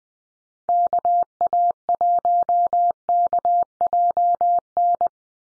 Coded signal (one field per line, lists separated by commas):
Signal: Morse code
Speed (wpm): 20 wpm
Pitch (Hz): 700 Hz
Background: none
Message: KA1KJN